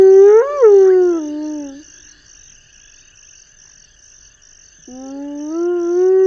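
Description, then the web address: Spotted hyena giving a rich tonal whoop that swells then falls in pitch, a pause of about three seconds, then a second whoop rising upward; a faint steady high tone throughout. "earth naturelibrary assets s sp spotted hyena"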